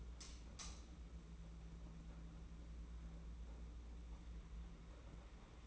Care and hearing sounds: daily activity, microphone in the room; light on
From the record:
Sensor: 1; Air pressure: 991.9 hPa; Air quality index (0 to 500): 214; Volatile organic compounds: 1000 ppm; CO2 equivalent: 8346 ppm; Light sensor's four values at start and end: 21/66/26/26 and 9/22/9/10

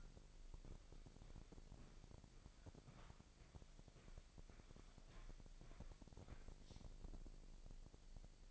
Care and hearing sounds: daily activity, microphone in the room; walk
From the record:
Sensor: 5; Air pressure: 1001.8 hPa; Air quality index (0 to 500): 188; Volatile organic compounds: 13 ppm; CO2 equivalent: 2424 ppm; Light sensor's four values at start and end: 33/108/41/44 and 33/107/41/43

